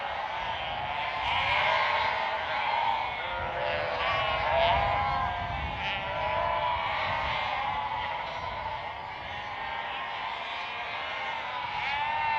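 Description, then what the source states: Sheep flock bleating nonstop, a thick mass of overlapping nasal bleats swelling louder in places. Sheep bleating at a prairie.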